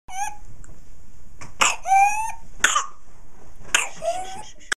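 Four or five short, high-pitched coughs from a newborn baby come over about five seconds. Several have a voiced, cry-like tone that trails off. It is a plain infant cough.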